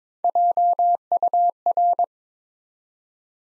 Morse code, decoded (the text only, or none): JUR